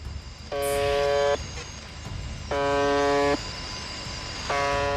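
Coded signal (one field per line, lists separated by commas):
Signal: channel marker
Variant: UVB-76 (The Buzzer)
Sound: three harsh low buzzes, each under a second, repeating every two seconds over static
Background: radio static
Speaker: 라디오에서 끊임없이 들려오는 의문의 벗어 음 이 소리는 1분에 약 25 번씩 24시간 내내 송출 됩니다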